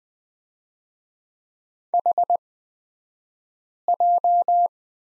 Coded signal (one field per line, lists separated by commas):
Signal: Morse code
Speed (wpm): 20 wpm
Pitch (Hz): 700 Hz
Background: none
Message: HJ